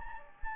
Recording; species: mosquito wingbeat signal from an infrared sensor; Anopheles gambiae